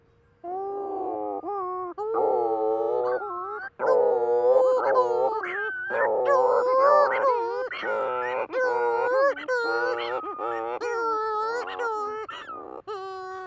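Cape Verde shearwater calls: a long series of loud, nasal, wailing notes rich in harmonics, rising and falling, given almost continuously in bursts.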